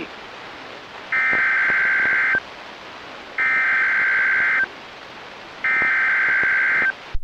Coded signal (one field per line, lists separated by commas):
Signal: Emergency Alert System (SAME) tones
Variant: header bursts